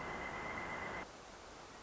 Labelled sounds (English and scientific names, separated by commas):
Pileated Woodpecker (Dryocopus pileatus)